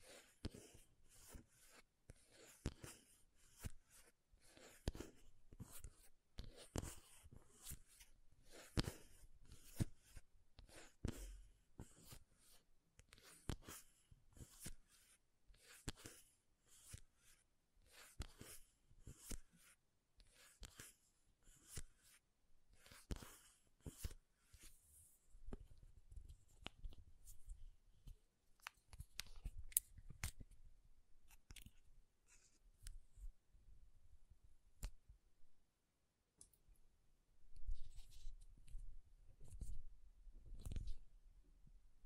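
Quick, dense tapping and scratching on makeup, with sharp clicks falling several times a second for the first twenty-five seconds. After that the sounds thin out into softer, sparser scratches and low rubbing thuds, with a few brief pauses near the end.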